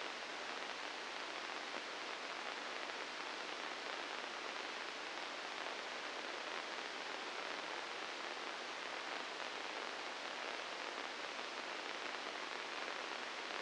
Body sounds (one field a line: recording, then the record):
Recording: brain microelectrode recording played as sound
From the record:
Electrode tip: inside the subthalamic nucleus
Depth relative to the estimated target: -1 mm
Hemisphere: right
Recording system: NeuroSet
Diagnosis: Parkinson's disease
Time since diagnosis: 9 years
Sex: female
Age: 51 years